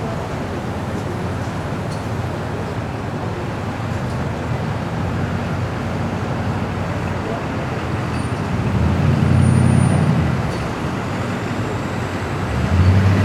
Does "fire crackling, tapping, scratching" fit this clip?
no